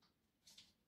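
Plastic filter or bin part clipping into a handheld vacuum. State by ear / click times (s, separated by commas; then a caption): not seated / none. A plastic filter or dust bin part of a handheld vacuum is being handled to clip back in, giving two short plastic knocks around 0.5 and 0.6 seconds over a quiet background. The clip ends before the part goes home, so nothing has seated or clicked yet.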